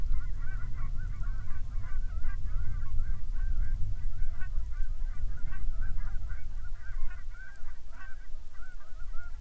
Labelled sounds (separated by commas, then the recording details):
waterfowl, rain
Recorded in the Prudhoe Bay oil fields, Alaska, on 13 May 2019 at 07:09
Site 21